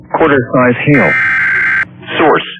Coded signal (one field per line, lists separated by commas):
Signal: Emergency Alert System (SAME) tones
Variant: header bursts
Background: speech